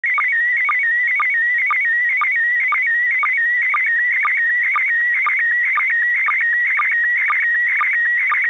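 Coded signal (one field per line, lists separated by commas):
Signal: SSTV (slow-scan television)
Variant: PD 120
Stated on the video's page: SSTV from the ISS, received with an RTL-SDR dongle and a Radiora X-300 antenna 5 meters above ground.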